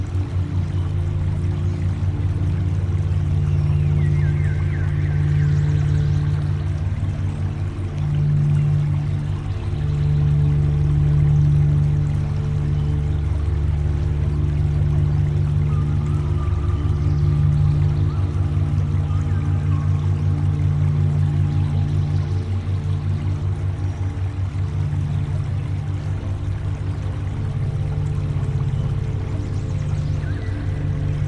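A mountain river rushes in a steady, dense, low roar, unchanging for the whole stretch, with a few faint higher calls drifting in.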